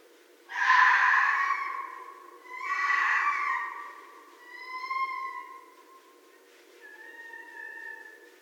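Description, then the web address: Red fox calls: two loud, hoarse, drawn-out cries followed by two softer, clearer wailing notes, spaced about two seconds apart over a quiet background hum. Recorded on 2 January 2012. "Red Fox 2012 01 02"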